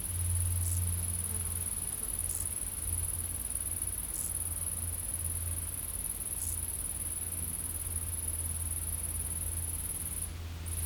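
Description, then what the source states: Insects buzzing in a steady high-pitched drone that briefly drops out a few times, over a low rumbling hum. Insects in a field.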